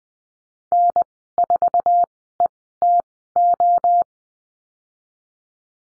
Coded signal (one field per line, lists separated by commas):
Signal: Morse code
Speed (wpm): 20 wpm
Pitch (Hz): 700 Hz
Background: none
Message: N4ETO